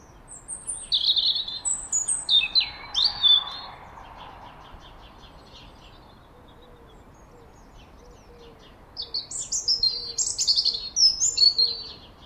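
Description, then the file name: European robin song: two bursts of high, thin, varied warbling phrases with a quiet gap of several seconds between, and faint low notes repeating steadily in the background. "Erithacus rubecula"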